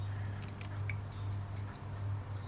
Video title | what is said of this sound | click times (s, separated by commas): The Model Ship - Part 1247 | thought when i was working with this other one over here that it doesn't really lock into place like i thought it should but i'm realizing now that it does | 0.9 s